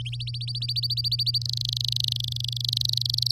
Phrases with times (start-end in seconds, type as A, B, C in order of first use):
0.12-1.38 A, 1.41-3.31 B